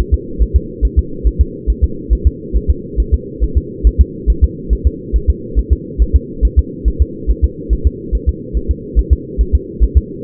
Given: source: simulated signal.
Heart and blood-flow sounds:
fetal heart sounds
0.14 s: S2
0.42 s: S1
0.56 s: S2
0.85 s: S1
0.99 s: S2
1.27 s: S1
1.41 s: S2
1.70 s: S1
1.84 s: S2
2.13 s: S1
2.27 s: S2
2.56 s: S1
2.70 s: S2
3.00 s: S1
3.14 s: S2
3.44 s: S1
3.57 s: S2
3.87 s: S1
4.01 s: S2
4.30 s: S1
4.44 s: S2
4.73 s: S1
4.87 s: S2
5.16 s: S1
5.30 s: S2
5.59 s: S1
5.73 s: S2
6.02 s: S1
6.16 s: S2
6.45 s: S1
6.59 s: S2
6.88 s: S1
7.02 s: S2
7.30 s: S1
7.44 s: S2
7.73 s: S1
7.87 s: S2
8.15 s: S1
8.29 s: S2
8.57 s: S1
8.71 s: S2
8.99 s: S1
9.13 s: S2
9.41 s: S1
9.55 s: S2
9.84 s: S1
9.97 s: S2
From the record:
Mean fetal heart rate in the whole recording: 140 bpm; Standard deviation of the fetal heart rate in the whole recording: 2 bpm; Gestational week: 34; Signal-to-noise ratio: -4.3 dB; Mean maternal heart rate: 72 bpm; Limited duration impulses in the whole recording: absent

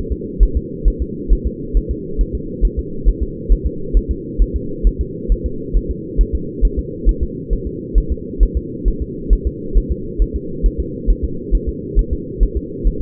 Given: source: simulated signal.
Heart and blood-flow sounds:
fetal heart sounds
0.12 s: S2
0.43 s: S1
0.57 s: S2
0.88 s: S1
1.02 s: S2
1.33 s: S1
1.47 s: S2
1.77 s: S1
1.91 s: S2
2.21 s: S1
2.35 s: S2
2.65 s: S1
2.79 s: S2
3.08 s: S1
3.22 s: S2
3.52 s: S1
3.66 s: S2
3.97 s: S1
4.11 s: S2
4.42 s: S1
4.56 s: S2
4.87 s: S1
5.01 s: S2
5.32 s: S1
5.46 s: S2
5.77 s: S1
5.91 s: S2
6.21 s: S1
6.35 s: S2
6.65 s: S1
6.79 s: S2
7.09 s: S1
7.23 s: S2
7.53 s: S1
7.67 s: S2
7.98 s: S1
8.12 s: S2
8.43 s: S1
8.57 s: S2
8.88 s: S1
9.02 s: S2
9.33 s: S1
9.47 s: S2
9.77 s: S1
9.92 s: S2
10.22 s: S1
10.36 s: S2
10.66 s: S1
10.80 s: S2
11.10 s: S1
11.24 s: S2
11.55 s: S1
11.69 s: S2
11.99 s: S1
12.13 s: S2
12.43 s: S1
12.57 s: S2
12.87 s: S1
13.01 s: S2
From the record:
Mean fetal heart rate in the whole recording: 135 bpm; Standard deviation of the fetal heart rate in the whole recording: 3 bpm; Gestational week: 36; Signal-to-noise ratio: -4.3 dB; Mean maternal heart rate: 72 bpm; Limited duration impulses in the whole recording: absent

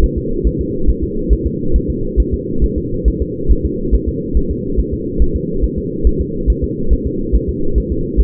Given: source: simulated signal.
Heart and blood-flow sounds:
fetal heart sounds
0.04 s: S1
0.18 s: S2
0.47 s: S1
0.61 s: S2
0.90 s: S1
1.04 s: S2
1.33 s: S1
1.47 s: S2
1.76 s: S1
1.90 s: S2
2.20 s: S1
2.34 s: S2
2.64 s: S1
2.78 s: S2
3.08 s: S1
3.22 s: S2
3.52 s: S1
3.65 s: S2
3.95 s: S1
4.09 s: S2
4.37 s: S1
4.51 s: S2
4.79 s: S1
4.93 s: S2
5.22 s: S1
5.36 s: S2
5.64 s: S1
5.78 s: S2
6.07 s: S1
6.21 s: S2
6.50 s: S1
6.64 s: S2
6.93 s: S1
7.07 s: S2
7.36 s: S1
7.49 s: S2
7.78 s: S1
7.92 s: S2
8.20 s: S1
From the record:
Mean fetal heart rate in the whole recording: 140 bpm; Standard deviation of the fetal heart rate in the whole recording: 2 bpm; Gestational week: 34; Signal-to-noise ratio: -8.1 dB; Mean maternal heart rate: 72 bpm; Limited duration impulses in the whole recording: present

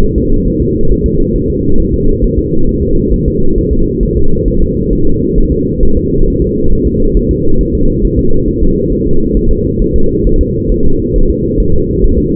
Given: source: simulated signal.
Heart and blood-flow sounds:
fetal heart sounds
0.04 s: S1
0.18 s: S2
0.48 s: S1
0.62 s: S2
0.92 s: S1
1.06 s: S2
1.36 s: S1
1.50 s: S2
1.80 s: S1
1.94 s: S2
2.25 s: S1
2.39 s: S2
2.69 s: S1
2.83 s: S2
3.14 s: S1
3.28 s: S2
3.58 s: S1
3.73 s: S2
4.03 s: S1
4.17 s: S2
4.48 s: S1
4.62 s: S2
4.93 s: S1
5.07 s: S2
5.38 s: S1
5.52 s: S2
5.83 s: S1
5.97 s: S2
6.28 s: S1
6.42 s: S2
6.73 s: S1
6.87 s: S2
7.17 s: S1
7.31 s: S2
7.61 s: S1
7.75 s: S2
8.05 s: S1
8.19 s: S2
8.48 s: S1
8.63 s: S2
8.93 s: S1
9.07 s: S2
9.37 s: S1
9.51 s: S2
9.82 s: S1
9.96 s: S2
10.27 s: S1
10.41 s: S2
10.72 s: S1
10.86 s: S2
11.16 s: S1
11.30 s: S2
11.60 s: S1
11.74 s: S2
12.04 s: S1
12.18 s: S2
From the record:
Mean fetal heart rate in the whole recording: 135 bpm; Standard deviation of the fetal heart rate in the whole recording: 3 bpm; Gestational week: 36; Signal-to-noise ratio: -19.1 dB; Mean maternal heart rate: 72 bpm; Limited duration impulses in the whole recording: present

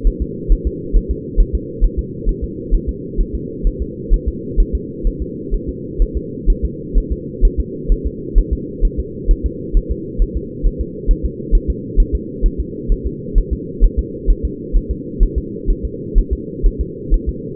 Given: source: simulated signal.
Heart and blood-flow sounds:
fetal heart sounds
0.07 s: S1
0.22 s: S2
0.52 s: S1
0.67 s: S2
0.97 s: S1
1.11 s: S2
1.40 s: S1
1.55 s: S2
1.84 s: S1
1.99 s: S2
2.29 s: S1
2.44 s: S2
2.74 s: S1
2.89 s: S2
3.21 s: S1
3.35 s: S2
3.67 s: S1
3.82 s: S2
4.14 s: S1
4.28 s: S2
4.60 s: S1
4.75 s: S2
5.07 s: S1
5.22 s: S2
5.54 s: S1
5.69 s: S2
6.02 s: S1
6.17 s: S2
6.50 s: S1
6.65 s: S2
6.98 s: S1
7.12 s: S2
7.45 s: S1
7.60 s: S2
7.92 s: S1
8.07 s: S2
8.38 s: S1
8.53 s: S2
8.85 s: S1
8.99 s: S2
9.31 s: S1
9.46 s: S2
9.77 s: S1
9.91 s: S2
10.22 s: S1
10.37 s: S2
10.67 s: S1
10.81 s: S2
11.11 s: S1
11.25 s: S2
11.55 s: S1
11.70 s: S2
12.00 s: S1
12.15 s: S2
12.46 s: S1
12.60 s: S2
12.92 s: S1
13.07 s: S2
13.38 s: S1
13.53 s: S2
13.84 s: S1
13.99 s: S2
14.30 s: S1
14.45 s: S2
14.76 s: S1
14.91 s: S2
15.23 s: S1
15.38 s: S2
15.70 s: S1
15.85 s: S2
16.18 s: S1
16.33 s: S2
16.66 s: S1
16.81 s: S2
17.14 s: S1
17.29 s: S2
From the record:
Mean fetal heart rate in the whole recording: 130 bpm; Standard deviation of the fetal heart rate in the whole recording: 4 bpm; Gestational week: 38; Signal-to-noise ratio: -4.1 dB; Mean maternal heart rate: no maternal heart sound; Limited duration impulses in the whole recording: absent

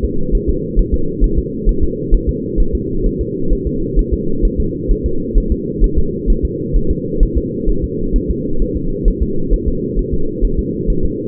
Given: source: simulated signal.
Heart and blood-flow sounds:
fetal heart sounds
0.04 s: S2
0.35 s: S1
0.49 s: S2
0.79 s: S1
0.94 s: S2
1.24 s: S1
1.38 s: S2
1.69 s: S1
1.83 s: S2
2.14 s: S1
2.29 s: S2
2.60 s: S1
2.75 s: S2
3.06 s: S1
3.21 s: S2
3.53 s: S1
3.67 s: S2
3.99 s: S1
4.14 s: S2
4.45 s: S1
4.60 s: S2
4.91 s: S1
5.06 s: S2
5.38 s: S1
5.52 s: S2
5.84 s: S1
5.98 s: S2
6.30 s: S1
6.45 s: S2
6.76 s: S1
6.91 s: S2
7.23 s: S1
7.38 s: S2
7.69 s: S1
7.84 s: S2
8.16 s: S1
8.30 s: S2
8.62 s: S1
8.77 s: S2
9.08 s: S1
9.23 s: S2
9.54 s: S1
9.68 s: S2
9.99 s: S1
10.14 s: S2
10.44 s: S1
10.59 s: S2
10.90 s: S1
11.05 s: S2
From the record:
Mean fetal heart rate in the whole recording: 130 bpm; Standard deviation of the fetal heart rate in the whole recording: 4 bpm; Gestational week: 38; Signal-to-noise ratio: -8.1 dB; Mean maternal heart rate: 72 bpm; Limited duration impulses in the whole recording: absent

